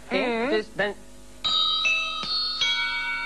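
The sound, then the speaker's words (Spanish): A short burst of voice gives way to the bell of the church of Santa Brígida striking four o'clock, four strokes landing at an even pace, each bright, humming tone carrying over into the next. “Es que en la campana de Santa Brígida, en la gina de princesa con Alguero, con Augusto Alguero, 9, han tocado las 4.”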